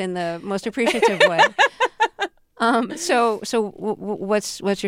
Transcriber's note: laughter